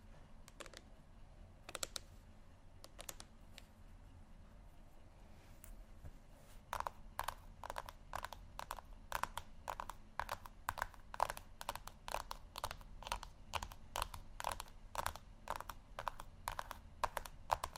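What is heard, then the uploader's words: Sharp tapping begins sparse and hesitant in the first few seconds, then settles into a quick, fairly steady run of crisp clicks from about seven seconds on. A low, soft hum sits underneath throughout. ASMR Tapping Only Sleep Time（No Talking）.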